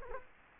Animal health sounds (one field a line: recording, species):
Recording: mosquito wingbeat signal from an infrared sensor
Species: Culex quinquefasciatus